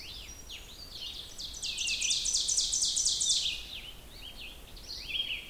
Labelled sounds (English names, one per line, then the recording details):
Ovenbird song
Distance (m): 25 m
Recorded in boreal forest in Alberta, Canada, on 16 June 2016 at 06:22
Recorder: SongMeter 3, array SBT-3-32
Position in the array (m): 91 m, 8 m
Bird 36